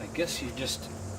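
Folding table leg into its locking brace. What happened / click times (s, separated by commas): No seating click yet; the part has not locked / none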